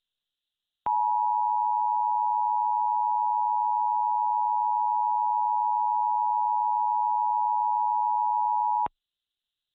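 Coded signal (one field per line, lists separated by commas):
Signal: Emergency Alert System (SAME) tones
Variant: 853 and 960 Hz attention tone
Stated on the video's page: Recreated EAS AMBER Alert, not a real broadcast.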